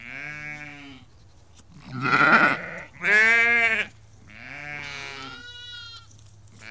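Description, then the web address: Sheep bleating, a chorus of ewes and lambs with overlapping wavering calls, some hoarse and some higher and clearer. About 30 to 50 ewes and lambs calling. "The BBC Sound Effects Library Livestock About 30-50 Ewes and Lambs Calling"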